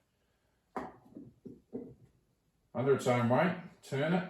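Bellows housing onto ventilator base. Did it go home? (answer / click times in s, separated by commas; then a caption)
no / none. After the o-ring is checked in its groove, a ventilator bellows housing is put back on the base and lined up before being turned down into place. Brief handling knocks are heard at about 0.8, 1.5 and 1.8 seconds, then someone talks. Nothing has seated or clicked yet.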